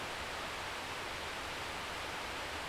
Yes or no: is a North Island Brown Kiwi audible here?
no